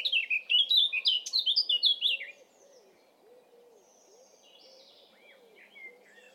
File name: Sylvia atricapilla